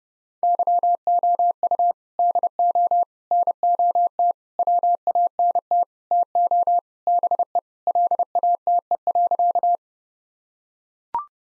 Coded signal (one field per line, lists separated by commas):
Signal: Morse code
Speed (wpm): 32 wpm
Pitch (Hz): 700 Hz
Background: none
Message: YOU DO NOT WANT TO BE LATE.